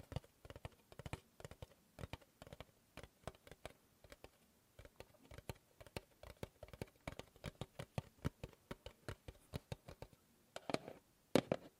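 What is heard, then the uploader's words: Tapping on objects with a steady run of sharp, dry knocks, mostly fast and fairly regular with short pauses between bursts. The taps vary slightly in pitch and weight. Near the end, a few louder, brighter clicks and a ringing tap stand out. ASMR Fast & Slow Tapping on 6 Objects No Talking.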